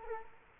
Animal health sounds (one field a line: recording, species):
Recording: mosquito wingbeat signal from an infrared sensor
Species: Culex quinquefasciatus